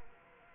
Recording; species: mosquito wingbeat signal from an infrared sensor; Culex quinquefasciatus